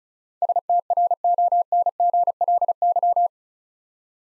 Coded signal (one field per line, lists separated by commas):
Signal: Morse code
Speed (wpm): 34 wpm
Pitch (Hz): 700 Hz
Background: none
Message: STRONGLY